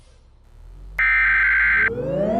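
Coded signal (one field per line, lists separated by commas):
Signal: Emergency Alert System (SAME) tones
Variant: header bursts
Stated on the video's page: Simulated EAS scenario: fictional tornado watch and warnings, not a real alert.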